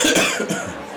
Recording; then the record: coughing mixed with background sound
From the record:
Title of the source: Spring Cold Coughing.